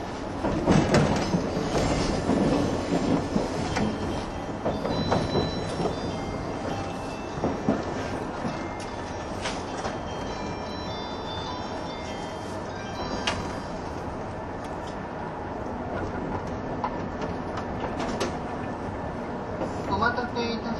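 A 185 series Odoriko 106 train rolls along with a continuous, dense rumble and rattle. The noise is loudest in the first few seconds, settles into a steady roar through the middle, and rises again near the end, with sharp clacks every few seconds.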